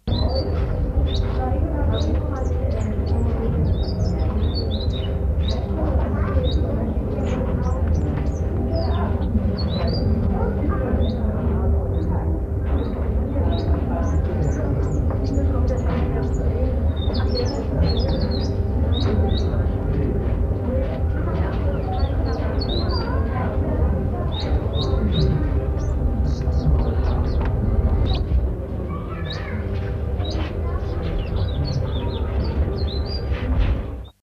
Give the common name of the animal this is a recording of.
Cardinal Myzomela